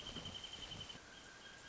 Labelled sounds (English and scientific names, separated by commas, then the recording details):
Wrentit (Chamaea fasciata)
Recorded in Sonoma County, California